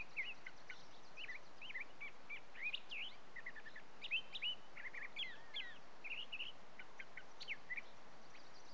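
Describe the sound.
Birds chirping, a lively run of high twisting notes and short whistled slurs, nearly continuous over a soft steady background hiss.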